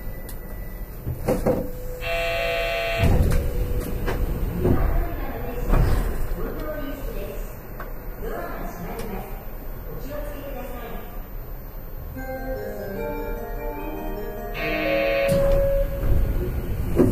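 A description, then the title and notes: Running sound from inside a train car: a steady low rumble with wavering motor tones rising and falling through the middle. Bright buzzing bursts near 2 and 15 seconds stand out, with heavy thumps around 3, 6 and 15 seconds and faint voices underneath. アストラムライン 6000系 広域公園前から本通まで. It is the running sound of the Astram Line 6000 train in Hiroshima City. The section is from Koiki-koen-mae to Hondori.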